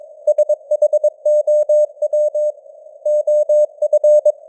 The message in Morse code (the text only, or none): SHOW OF